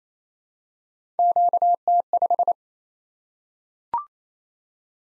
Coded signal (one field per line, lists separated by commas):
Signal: Morse code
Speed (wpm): 28 wpm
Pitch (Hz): 700 Hz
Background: none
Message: QT5